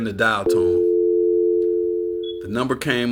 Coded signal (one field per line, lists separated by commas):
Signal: telephone call progress tone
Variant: North America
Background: speech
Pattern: dial tone